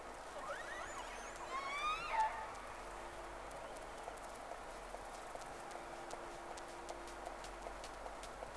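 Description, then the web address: Whale whistles, several rising and falling harmonic sweeps crowded into the first two seconds, then sparse faint clicks over a steady low hum. Two whales, recorded 3 October 2006, Round 1, Sea Snake. "Sea Snake 10-3-06 Whales X 2 11-30 Round 1"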